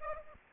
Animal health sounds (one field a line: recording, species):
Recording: mosquito wingbeat signal from an infrared sensor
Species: Aedes aegypti